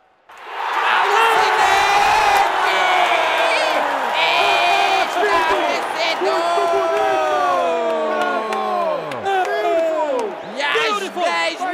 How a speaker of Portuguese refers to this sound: presentes gritam, oh que coisa boa, e ainda fazem gargarejo com chá de Santo Daime. Sem dúvida, uma reação curiosa.